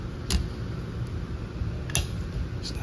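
On a 2015 Lincoln MKC, a windshield wiper blade's plastic adapter is pulled up onto the metal wiper arm hook over a low, steady rumble. Sharp snaps are heard at 0.3 s and 2.0 s. The blade seats in place on the wiper arm.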